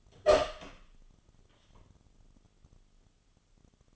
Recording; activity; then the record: daily activity, microphone in the room; open door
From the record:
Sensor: 4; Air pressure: 1005.8 hPa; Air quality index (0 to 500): 69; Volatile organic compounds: 1 ppm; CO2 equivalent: 837 ppm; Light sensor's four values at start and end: 13/31/12/11 and 13/30/12/11